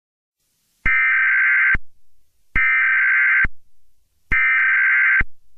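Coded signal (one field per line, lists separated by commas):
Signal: Emergency Alert System (SAME) tones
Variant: header bursts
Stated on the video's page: Ohio required monthly test recorded directly off an ENDEC, with recreated graphics.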